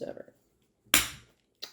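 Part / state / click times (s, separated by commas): telescope attachment into its mount / partly seated / 0.9 s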